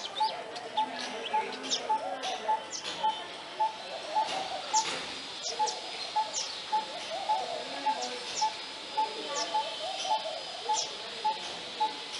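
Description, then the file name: Coppersmith barbet giving a steady series of low, hollow tonk notes, about two per second, among chirps and calls of other birds. "Coppersmith barbet"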